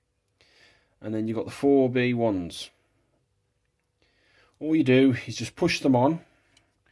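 Someone talks while handling small plastic "B" parts from a Bandai 1/72 TIE Fighter model kit, about to push them onto the spacecraft wing panel, where a small triangular edge underneath locks them in. Only faint handling sounds are heard between the speech, and nothing has seated or clicked yet.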